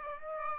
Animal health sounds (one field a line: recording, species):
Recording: mosquito wingbeat signal from an infrared sensor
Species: Aedes aegypti